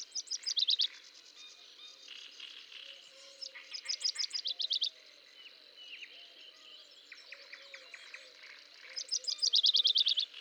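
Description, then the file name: Common chaffinch song: three loud trilled phrases, each ending in a flourish, at the start, middle and end, over a busy chorus of other birds and low tonal notes. "Fringilla coelebs"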